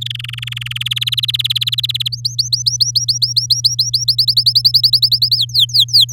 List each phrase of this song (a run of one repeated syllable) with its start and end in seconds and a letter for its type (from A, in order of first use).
0.01-0.83 A, 0.85-2.08 B, 2.12-4.15 C, 4.18-5.37 D, 5.37-6.05 E